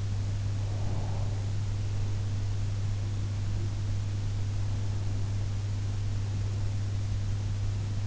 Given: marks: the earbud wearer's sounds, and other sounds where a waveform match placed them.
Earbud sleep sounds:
sounds in sleep by an in-ear microphone; breath
0.74-2.17 s: breath

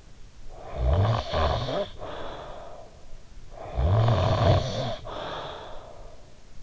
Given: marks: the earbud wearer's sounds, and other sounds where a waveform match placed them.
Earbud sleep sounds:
sounds in sleep by an in-ear microphone; snoring breath
0.38-3.24 s: snoring breath
3.41-6.50 s: snoring breath

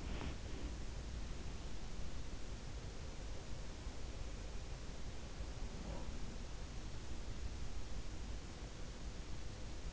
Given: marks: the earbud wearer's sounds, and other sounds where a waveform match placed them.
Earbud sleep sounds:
sounds in sleep by an in-ear microphone; body movement
0.00-0.92 s: body movement
5.60-6.36 s: sound from someone else or the room

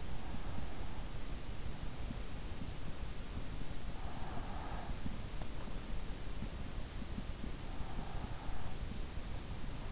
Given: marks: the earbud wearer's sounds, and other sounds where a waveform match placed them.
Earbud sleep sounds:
sounds in sleep by an in-ear microphone; breath
0.00-1.14 s: breath
4.11-5.25 s: breath
7.48-9.26 s: breath

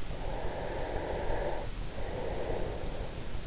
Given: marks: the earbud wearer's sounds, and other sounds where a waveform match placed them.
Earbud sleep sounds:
sounds in sleep by an in-ear microphone; breath
0.00-3.47 s: breath

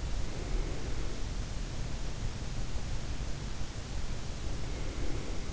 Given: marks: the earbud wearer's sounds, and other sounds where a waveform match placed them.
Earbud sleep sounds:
sounds in sleep by an in-ear microphone; breath
0.31-1.04 s: breath
4.68-5.43 s: breath

